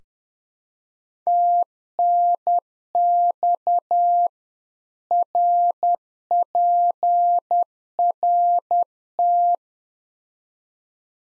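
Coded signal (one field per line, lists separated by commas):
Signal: Morse code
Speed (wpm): 10 wpm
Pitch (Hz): 700 Hz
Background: none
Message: TNX RPRT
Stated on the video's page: Practice QSO information segment (rig, antenna, weather) at 10 wpm, sent in Morse, spoken, then sent again, used in LICW QSO classes.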